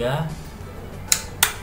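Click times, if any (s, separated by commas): 1.1 s, 1.4 s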